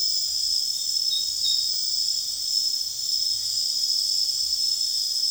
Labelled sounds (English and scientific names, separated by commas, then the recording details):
none
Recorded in secondary vegetation near Puerto Asís, Putumayo, Colombia, on 29 June 2025 at 23:00
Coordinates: 0.485, -76.322
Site GP06